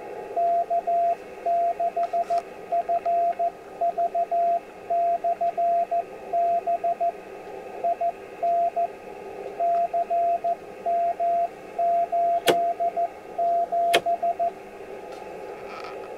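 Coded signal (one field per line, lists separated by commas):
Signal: Morse code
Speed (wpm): 14 wpm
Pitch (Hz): 690 Hz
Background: radio noise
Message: K6FV/B IN CM87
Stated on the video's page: 6 meter beacon heard in central British Columbia on an IC-746 Pro with a 3-element quad.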